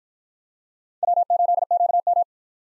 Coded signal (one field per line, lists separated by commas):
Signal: Morse code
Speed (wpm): 53 wpm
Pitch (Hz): 700 Hz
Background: none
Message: W8QM